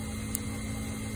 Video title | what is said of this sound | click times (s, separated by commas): Gas guard locking caps - removal and disassembly | hear a click that little pen Clicks in place | 0.3 s